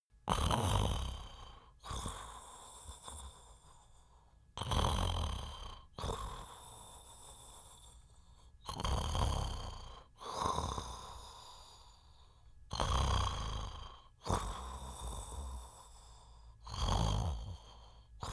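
Calm, slow, steady snoring from a sleeping adult male at about 15 breaths a minute, with a loud rattling snore on each in-breath and a softer whooshing out-breath. Evenly paced sleep breathing with no gasps or pauses. A sound effect.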